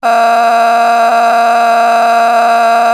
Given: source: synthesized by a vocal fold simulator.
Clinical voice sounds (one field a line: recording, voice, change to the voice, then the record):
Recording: sustained vowel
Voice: female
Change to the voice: a random mix of aspiration noise, stiffness perturbation and strain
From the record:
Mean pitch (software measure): 232 Hz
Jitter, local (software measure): 1.71%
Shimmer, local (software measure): 8.6%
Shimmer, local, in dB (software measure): 0.75 dB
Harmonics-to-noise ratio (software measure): 12.9 dB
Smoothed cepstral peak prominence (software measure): 13.3 dB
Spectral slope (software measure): -17.6 dB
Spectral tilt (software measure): -8.6 dB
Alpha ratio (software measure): -8.0 dB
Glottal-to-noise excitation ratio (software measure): 0.889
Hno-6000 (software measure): 1.8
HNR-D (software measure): 35.2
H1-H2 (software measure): -2.3 dB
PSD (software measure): 8.8e-05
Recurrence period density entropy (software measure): 0.121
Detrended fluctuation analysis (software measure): 0.0117